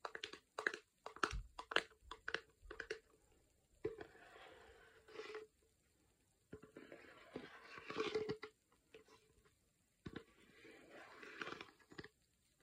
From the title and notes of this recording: ASMR taping et autre.